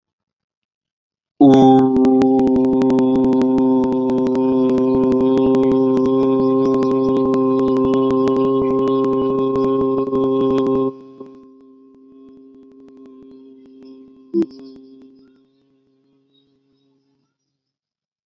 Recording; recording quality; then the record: sustained vowel as in boot; moderate, slight background noise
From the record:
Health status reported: COVID-19 positive, mild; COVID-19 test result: positive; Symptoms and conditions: cough, cold, sore throat, fever, fatigue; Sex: male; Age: 26 years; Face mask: not worn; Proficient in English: yes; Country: India